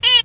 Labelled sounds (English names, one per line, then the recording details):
Zebra Finch distance call
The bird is a female
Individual fem8